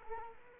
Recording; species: mosquito wingbeat signal from an infrared sensor; Culex quinquefasciatus